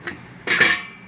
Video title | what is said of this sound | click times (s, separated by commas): Zelancio Titan- X1 Air Fryer Review | it snaps back into place | 0.1 s